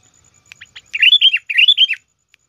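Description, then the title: Sooty-headed bulbul song: a few soft ticks, then two rich phrases of fluty, warbling notes rising and falling, with a faint high steady tone behind. "Kutilang"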